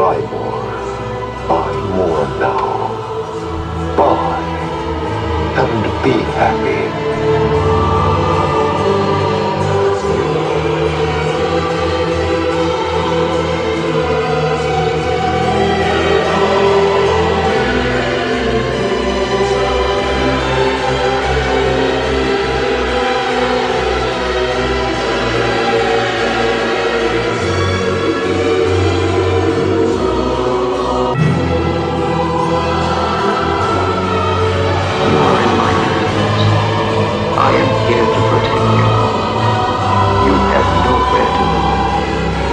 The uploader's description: Duomo, Siena, Italy